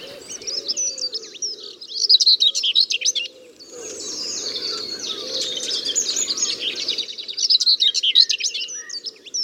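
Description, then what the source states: Whitethroat song: bursts of fast, scratchy, chattering notes that stutter on and off over a steady background hiss. Two whitethroats in a territorial dispute on open heath of Ashdown Forest; a male holding territory over a patch of gorse; chattering, stuttering song.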